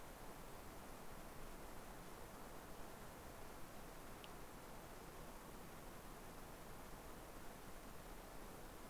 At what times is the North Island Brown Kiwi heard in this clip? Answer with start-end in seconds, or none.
none